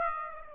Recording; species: mosquito wingbeat signal from an infrared sensor; Aedes aegypti